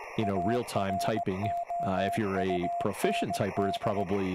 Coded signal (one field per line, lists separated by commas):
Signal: Morse code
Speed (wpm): 18 wpm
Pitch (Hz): 690 Hz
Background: speech, radio noise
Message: AROUND